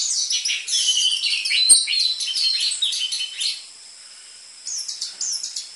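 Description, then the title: Orange-headed thrush song: a busy stream of high, squeaky and chattering notes, then a short lull before a few sharp whistled notes. Energetic (gacor) lure (pancingan) and master song material for training caged orange-headed thrushes; dense filler song ('isian rapat'), suited to young spotted 'trotol' birds. "PANCINGAN Anis Merah Gacor Materi Isian Rapat Cocok Untuk MASTERAN Anis Merah TROTOL"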